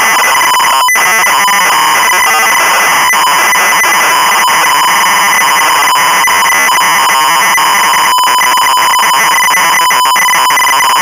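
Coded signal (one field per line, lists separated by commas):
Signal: ZX Spectrum tape loading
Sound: harsh, rapidly warbling screech of cassette data, buzzing with rapid pitch flips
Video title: The Trap Door (1986) - Sinclair ZX Spectrum (Full Tape Rip / Cassette Load)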